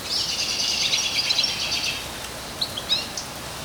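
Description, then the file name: European goldfinch calling: a buzzy, rustling twitter runs for nearly two seconds, followed by a few sharp, high chirps near the end over steady faint hiss. "Carduelis carduelis"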